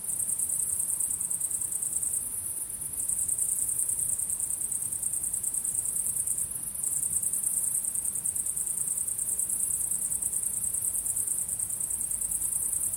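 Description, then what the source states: Crickets trill in fast, piercing pulses that pause briefly around two and a half and six and a half seconds before resuming. Crickets chirping at sunset.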